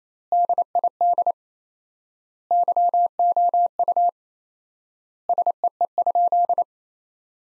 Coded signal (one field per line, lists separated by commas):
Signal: Morse code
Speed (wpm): 28 wpm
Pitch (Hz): 700 Hz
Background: none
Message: DID YOU SEE?